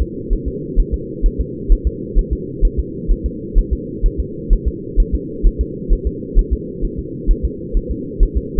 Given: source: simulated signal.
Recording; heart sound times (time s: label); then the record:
fetal heart sounds
0.02 s: S2
0.33 s: S1
0.48 s: S2
0.80 s: S1
0.94 s: S2
1.26 s: S1
1.41 s: S2
1.72 s: S1
1.87 s: S2
2.19 s: S1
2.33 s: S2
2.65 s: S1
2.79 s: S2
3.12 s: S1
3.26 s: S2
3.59 s: S1
3.73 s: S2
4.06 s: S1
4.20 s: S2
4.53 s: S1
4.68 s: S2
5.00 s: S1
5.15 s: S2
5.47 s: S1
5.61 s: S2
5.93 s: S1
6.07 s: S2
6.39 s: S1
6.53 s: S2
6.85 s: S1
6.99 s: S2
7.31 s: S1
7.45 s: S2
7.77 s: S1
7.91 s: S2
8.23 s: S1
8.37 s: S2
From the record:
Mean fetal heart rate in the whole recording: 130 bpm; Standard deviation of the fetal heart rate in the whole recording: 2 bpm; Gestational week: 38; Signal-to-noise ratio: -4.1 dB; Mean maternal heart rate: no maternal heart sound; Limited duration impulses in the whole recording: absent